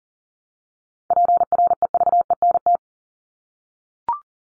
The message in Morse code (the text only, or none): PREVENT